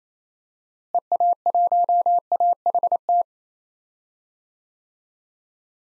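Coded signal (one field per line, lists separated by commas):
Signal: Morse code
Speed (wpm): 28 wpm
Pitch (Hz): 700 Hz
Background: none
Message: EA1AHT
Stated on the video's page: Morse practice at 28 wpm: 6-character DXCC call signs outside the USA, each sent twice, then spoken, then sent again.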